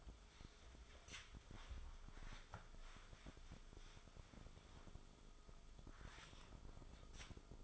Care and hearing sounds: daily activity, microphone in the room; wipe stove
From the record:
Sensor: 5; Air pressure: 1005.0 hPa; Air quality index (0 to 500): 106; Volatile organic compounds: 2 ppm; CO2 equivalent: 1304 ppm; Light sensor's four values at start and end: 32/71/30/30 and 33/73/30/30

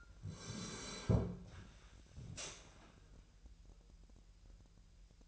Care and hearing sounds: daily activity, microphone in the room; sit down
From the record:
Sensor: 2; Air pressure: 1001.7 hPa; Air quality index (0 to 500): 242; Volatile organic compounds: 76 ppm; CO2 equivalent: 3573 ppm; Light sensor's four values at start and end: 8/19/8/9 and 10/23/10/10

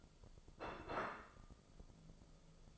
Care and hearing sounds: daily activity, microphone in the room; place plate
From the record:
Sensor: 5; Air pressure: 995.4 hPa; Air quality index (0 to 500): 87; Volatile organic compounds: 4 ppm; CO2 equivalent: 1621 ppm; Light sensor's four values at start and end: 24/59/22/21 and 24/59/22/21

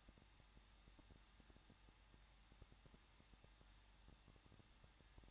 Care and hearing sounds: daily activity, microphone in the room; no activity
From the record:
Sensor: 3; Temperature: 21.2 degrees Celsius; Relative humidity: 36.3%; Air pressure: 1006.3 hPa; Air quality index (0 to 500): 222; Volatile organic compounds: 41 ppm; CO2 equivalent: 3165 ppm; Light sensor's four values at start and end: 2/3/2/2 and 2/3/2/2

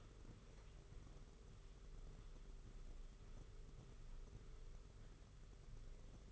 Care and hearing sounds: daily activity, microphone in the room; walk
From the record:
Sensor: 4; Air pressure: 991.5 hPa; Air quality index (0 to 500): 138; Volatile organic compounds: 57 ppm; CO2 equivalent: 3378 ppm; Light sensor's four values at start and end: 22/74/27/28 and 23/75/28/29

